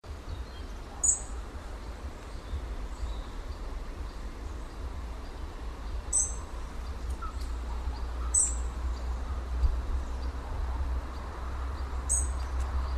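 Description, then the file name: Common blackbird giving thin, very high, brief calls, four of them spaced several seconds apart, over a constant low rumble like traffic. "Turdus merula"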